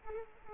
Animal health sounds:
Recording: mosquito wingbeat signal from an infrared sensor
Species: Culex quinquefasciatus

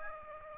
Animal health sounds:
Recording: mosquito wingbeat signal from an infrared sensor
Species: Aedes aegypti

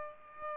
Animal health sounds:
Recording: mosquito wingbeat signal from an infrared sensor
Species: Aedes albopictus

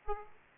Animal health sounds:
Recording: mosquito wingbeat signal from an infrared sensor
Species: Aedes aegypti

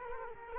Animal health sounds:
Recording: mosquito wingbeat signal from an infrared sensor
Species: Culex quinquefasciatus

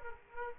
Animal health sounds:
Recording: mosquito wingbeat signal from an infrared sensor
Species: Aedes aegypti

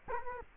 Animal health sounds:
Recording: mosquito wingbeat signal from an infrared sensor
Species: Culex quinquefasciatus

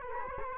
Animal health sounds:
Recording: mosquito wingbeat signal from an infrared sensor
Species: Culex quinquefasciatus

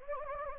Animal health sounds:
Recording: mosquito wingbeat signal from an infrared sensor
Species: Anopheles gambiae

